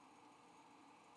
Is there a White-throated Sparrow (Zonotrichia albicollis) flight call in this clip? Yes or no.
no